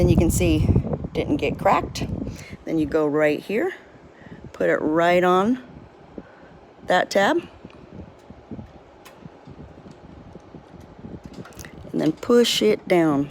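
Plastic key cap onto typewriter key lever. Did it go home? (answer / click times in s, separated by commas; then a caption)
no / none. Someone talks while lining up a plastic key cap on a typewriter key lever's tab, positioning it before it is pushed down. Only faint, quiet handling taps are heard between the speech. Nothing has seated or clicked yet.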